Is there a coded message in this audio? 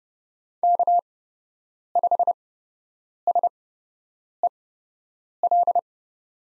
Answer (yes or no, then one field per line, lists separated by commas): yes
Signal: Morse code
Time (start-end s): 0.6-5.8 s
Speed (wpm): 30 wpm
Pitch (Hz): 700 Hz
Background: none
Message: K5SEL